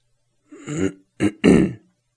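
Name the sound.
throat clearing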